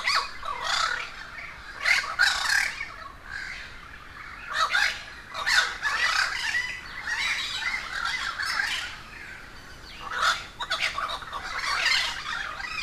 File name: Quiet American - aaron ximm-humbold park cuba-convocation of crows